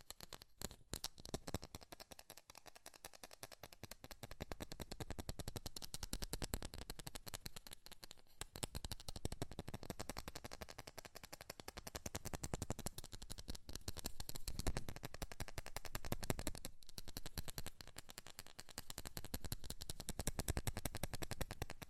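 Fast tapping runs throughout as dense, rapid clicks reaching from low thuds to bright ticks, briefly easing around eight and sixteen seconds.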